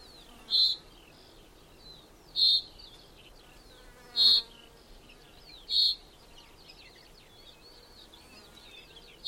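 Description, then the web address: Common chaffinch calls: several short, bright single notes at uneven intervals over faint background twittering. "Deverinetal 2025 File origin Bird Only Fr Co"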